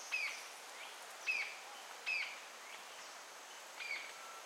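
Green-tailed jacamar giving four faint, thin, high notes, each dropping slightly in pitch, over a soft hiss of background noise.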